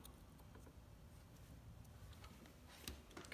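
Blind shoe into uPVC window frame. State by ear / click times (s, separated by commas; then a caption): seated / 2.9 s. After the twists are taken out of the string, the plastic blind shoe of a VS2 blind is pushed with its teeth into the uPVC frame of a Deceuninck tilt and turn window. Over a low background, a few faint ticks lead up to a sharp click at 2.9 s as the shoe's teeth seat in the frame, followed by softer taps.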